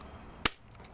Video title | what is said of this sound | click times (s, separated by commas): CHEAP AXIAL TRAILER - PLAYMOBIL TOY TRAILER - AXIAL SCX24 CUSTOM TRAILER | again you can see where they're just about to snap into place, and | 0.5 s